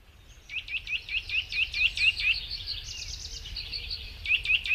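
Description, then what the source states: Eurasian nuthatch giving a rapid series of short, high, rising notes, a pause with softer sounds, then another rapid burst. Featured as Yle's nature sound of the week, presented by Juha Laaksonen.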